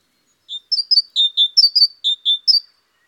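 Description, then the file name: Great tit song: a short run of high, clear, slightly varied notes, some paired, lasting about two seconds in quiet surroundings. Garden bird. "Oiseaux-des-jardins-Mésange-charbonnière"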